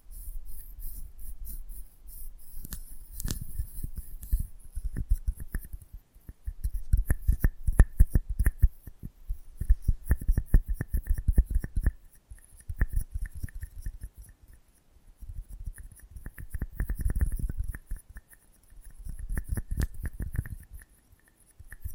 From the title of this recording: ASMR Close Up Mic Treatment